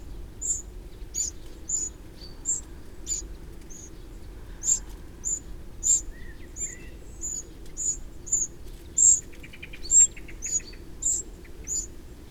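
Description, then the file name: Eurasian wren calls, many high ticking notes, with a brief lower buzzy trill from another bird later on. "Troglodytes troglodytes"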